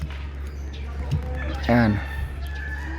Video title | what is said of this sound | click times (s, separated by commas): Tutorial sa wifer at fuse. | Ayan, so lock na siya. | 1.1 s